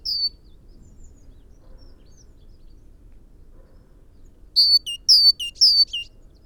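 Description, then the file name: Great tit song: a lone high whistled note, then after a pause three quick two-note phrases, each a high note dropping to a lower one, over faint low background rumble. "Parus major"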